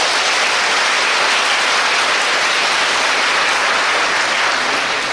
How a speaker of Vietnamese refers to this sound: Trời ơi, tuyệt vời như vậy sao? Xin một tràng pháo tay thật lớn.